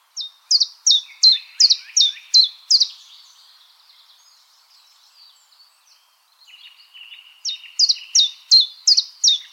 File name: Golosa ptic - Penochka-tenkovka Phylloscopus collybita